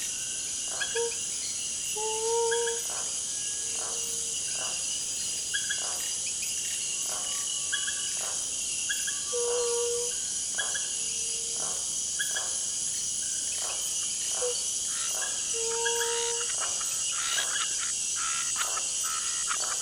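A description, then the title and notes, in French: At nightfall, a dense, steady high chorus of insects shimmers while short, soft frog-like calls and clicks repeat irregularly every second or two. La tombée de la nuit. Tauary, petit village au coeur de la forêt amazonienne.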